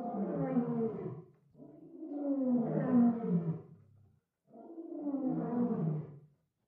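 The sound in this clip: Lion roar: three long, low moaning calls with descending tones, separated by brief silences.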